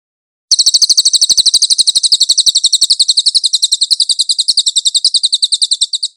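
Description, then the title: Cililin song: one continuous high trill of quick, sharp pulses lasting nearly six seconds, slightly slowing toward the end. "MASTER SUARA BURUNG CILILIN"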